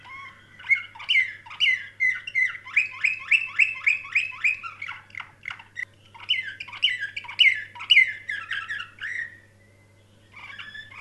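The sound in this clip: Canary song of lively varied chirps and rolling trills in two long phrases, ending in a quiet pause and a few soft notes.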